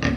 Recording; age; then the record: pig call; growing-finishing pig (85 days or more)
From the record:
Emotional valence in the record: negative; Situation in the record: barren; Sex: female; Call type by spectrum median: low-frequency call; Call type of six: low-frequency modulated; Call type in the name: low-frequency modulated, not sure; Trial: 3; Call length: 0.17 s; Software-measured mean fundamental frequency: 41 Hz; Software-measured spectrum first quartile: 203 Hz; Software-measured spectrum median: 559 Hz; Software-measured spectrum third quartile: 1935 Hz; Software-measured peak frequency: 245 Hz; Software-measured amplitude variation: 181 dB a second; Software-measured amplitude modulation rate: 26.4 a second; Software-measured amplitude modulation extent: 6.8 dB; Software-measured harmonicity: 2.3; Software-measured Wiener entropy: -1.90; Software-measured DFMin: 805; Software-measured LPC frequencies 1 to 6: 1216, 1867, 2588, 3223, 4122, 4807 Hz